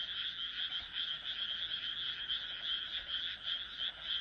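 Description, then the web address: Frogs calling in a dense chorus, a steady high rasping trill of rapid overlapping pulses that runs unbroken throughout. "kaeru kaeru"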